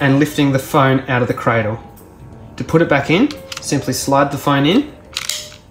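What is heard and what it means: A phone is slid into a plastic Bury Universal System 9 XXL/3XL cradle while someone talks. The clamp is clicked back down to hold it, with a sharp click at 5.2 s followed by two quick ticks, and the phone is seated in the cradle.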